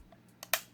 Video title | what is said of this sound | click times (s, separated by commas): Star Wars Expanded Universe Rebel Speeder Bike POTF | You'll hear a little click sound and you know they're in | 0.4 s, 0.5 s